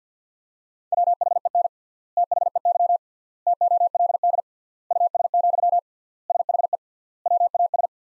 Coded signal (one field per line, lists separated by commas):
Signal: Morse code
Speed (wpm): 50 wpm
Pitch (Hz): 700 Hz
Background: none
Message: WHEN THEY TOLD US, SHE WAS